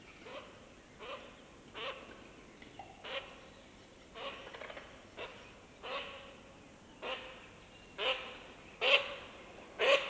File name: Digiffects Sound Effects Library - Duck Flying and Passing